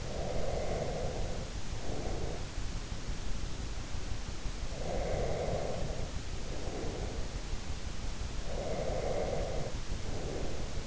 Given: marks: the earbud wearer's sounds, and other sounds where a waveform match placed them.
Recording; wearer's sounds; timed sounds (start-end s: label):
sounds in sleep by an in-ear microphone; breath
0.00-2.55 s: breath
4.71-7.30 s: breath
8.50-10.87 s: breath